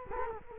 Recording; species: mosquito wingbeat signal from an infrared sensor; Culex quinquefasciatus